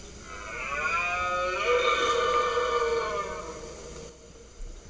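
A single drawn-out deer bellow, deep and bull-like, swelling for about three seconds with a rich, buzzy tone before trailing off into quiet background hiss.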